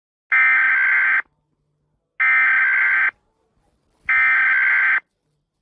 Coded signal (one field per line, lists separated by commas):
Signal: Emergency Alert System (SAME) tones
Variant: header bursts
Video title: Rating EAS in 15 Country!